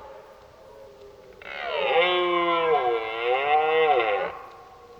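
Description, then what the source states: Red deer roar: a single sustained, throaty bellow of about three seconds, its pitch bending gently, with quiet before and after. During the rut, while driving the herd.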